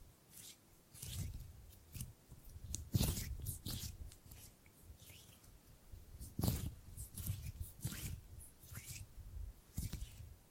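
Tingly gripping and grabbing sounds: soft thumps and crisp, crinkly scrapes arrive in an irregular stream every half second or so. Firmer squeezes stand out near three and six and a half seconds. Between them are brief quiet gaps with a faint hiss.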